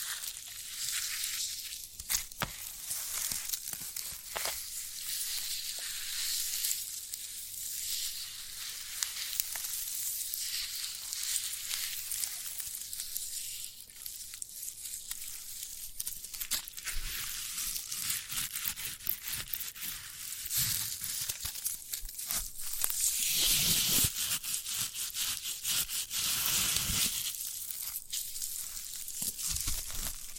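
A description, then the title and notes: Sprouted coconut handled for ASMR, with a continuous bright crackling, scratching texture like rubbing or crushing fibrous husk. Dense small clicks and brief scrapes come throughout, growing louder and harsher around 23 to 27 seconds before settling back. ASMR of a Sprouted Coconut (No Talking).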